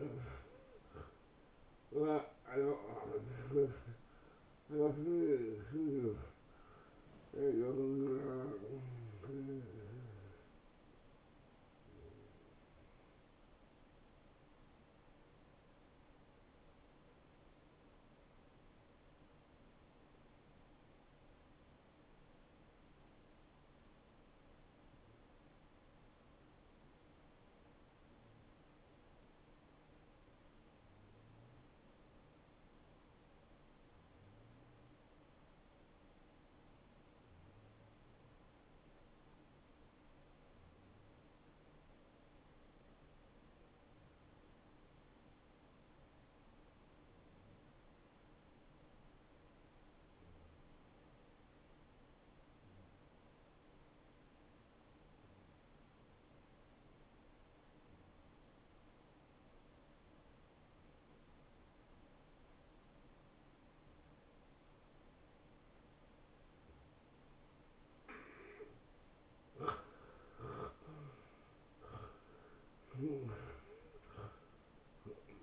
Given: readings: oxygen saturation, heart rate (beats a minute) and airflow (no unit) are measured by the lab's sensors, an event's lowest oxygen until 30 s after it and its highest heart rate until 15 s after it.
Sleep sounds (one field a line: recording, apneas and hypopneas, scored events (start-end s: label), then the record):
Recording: breathing in sleep by a voice recorder at the bedside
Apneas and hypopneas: 1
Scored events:
10.00-40.00 s: new sleep stage, N1 (lightest sleep)
17.00-68.30 s: obstructive apnea (N1, oxygen 96% highest, then 86% lowest, heart rate 71 at the start, 83 highest)
40.00-70.00 s: new sleep stage, N2 (light sleep)
70.00-75.42 s: new sleep stage, N1 (lightest sleep)
From the record:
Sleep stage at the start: N2 (light sleep)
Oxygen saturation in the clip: 81 to 96%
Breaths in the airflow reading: 6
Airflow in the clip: -12.7 to 9.0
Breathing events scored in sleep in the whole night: 263 in 5.5 hours asleep